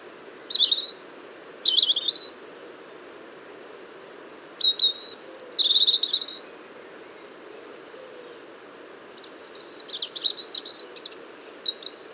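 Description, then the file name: European robin singing three separate phrases of high, thin whistles and rapid warbled trills, with pauses of a few seconds between them and a steady low hum behind. "Erithacus rubecula"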